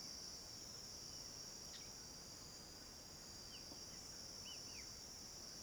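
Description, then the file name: Crickets in chorus, a dense unbroken high shimmering trill, with a few faint short bird chirps. Cricket chorus in the late afternoon, with some birds present. "Coro de grilos em fim de tarde com alguns passaros"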